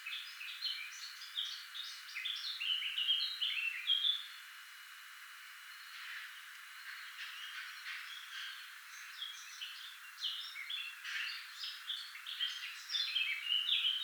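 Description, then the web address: Eurasian blackcap warbling steadily with chattering and whistled notes, breaking off for about two seconds midway before singing again with bright, varied phrases. "SETE Sylvia atricapilla"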